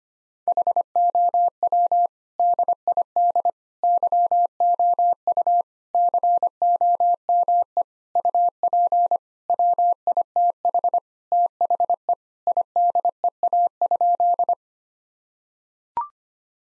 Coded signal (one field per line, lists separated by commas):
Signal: Morse code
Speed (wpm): 25 wpm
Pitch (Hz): 700 Hz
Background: none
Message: HOW DID YOU COME UP WITH THE IDEA?